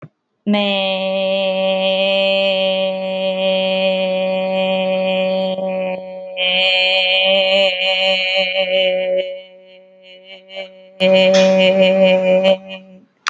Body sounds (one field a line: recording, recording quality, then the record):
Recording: sustained vowel as in made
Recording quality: excellent, no background noise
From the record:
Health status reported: healthy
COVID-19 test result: not tested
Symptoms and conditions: none ticked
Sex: female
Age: 18 years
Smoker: not ticked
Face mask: not worn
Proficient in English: no